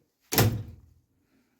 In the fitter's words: ठीक है? लॉक हो गई।